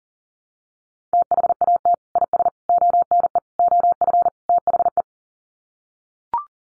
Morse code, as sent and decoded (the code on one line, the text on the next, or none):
- .... .- - / .. ... / --- -. . / --- ..-. / - .... .
THAT IS ONE OF THE